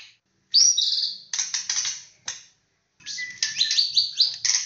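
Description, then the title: White-rumped shama singing bright high whistles and rapid clicking chatter, pausing briefly before a fast run of rising whistled notes mixed with harsh buzzy elements. "murai batu"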